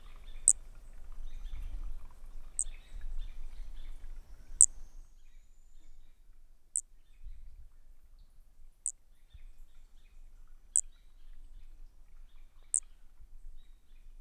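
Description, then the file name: Brachycephalus frog repeating a single short, piercing high note roughly every two seconds, seven notes in all, against a quiet background with a soft low hum. Unidentified Brachycephalus species, individual 3, recorded at 20 cm, Corcovado, 18 December 2017; the frog lost notes during calling. "MHNCI Brachy sp ind 3 perdeu notas 20 cm Corcovado 18 dez 2017 MRB"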